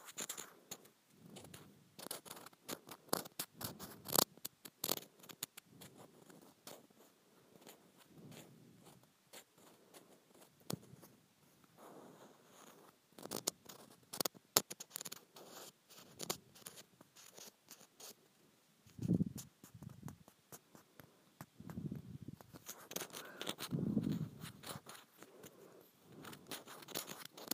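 Scratching on textured plastic gives dense, irregular bursts of dry, raspy clicks and scrapes, with a few deeper thumps near nineteen and twenty-four seconds.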